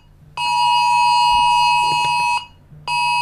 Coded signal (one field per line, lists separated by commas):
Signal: Emergency Alert System (SAME) tones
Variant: 853 and 960 Hz attention tone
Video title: EAS